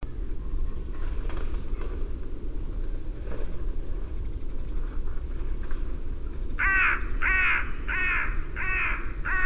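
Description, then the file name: Carrion crow gives a quick series of several loud, rasping caws in the final few seconds after a quiet start, over a constant low background rumble. "Corvus corone"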